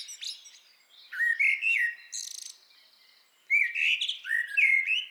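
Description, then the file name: Common blackbird song, rich low whistled warbles followed by a buzzy, rapid high twitter, then a fresh fluted phrase. "Turdus merula"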